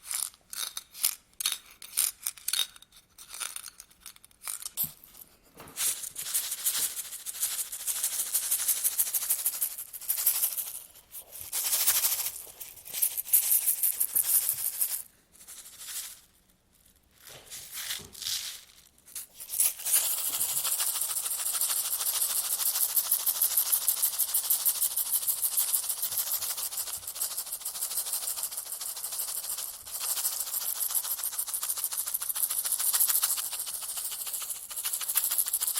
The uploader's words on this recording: ASMR Sounds of shaking (NO TALKING).